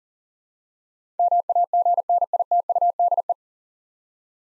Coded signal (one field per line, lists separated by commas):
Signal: Morse code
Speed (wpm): 37 wpm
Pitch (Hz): 700 Hz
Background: none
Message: MAGNITUDE